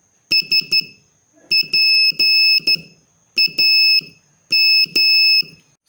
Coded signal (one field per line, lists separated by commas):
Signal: Morse code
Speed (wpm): 12 wpm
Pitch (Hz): 2600 Hz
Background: none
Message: SPAM